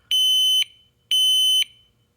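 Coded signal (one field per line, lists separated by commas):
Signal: alarm pattern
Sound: two loud, shrill, half-second high beeps, evenly spaced, in a quiet room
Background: quiet room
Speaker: Go through this whole thing. Smoke first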